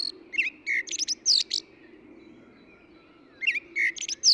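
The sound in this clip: Eurasian blackbird song: two short phrases of low fluty notes followed by high squeaky chirps, separated by a near-silent pause of about two seconds.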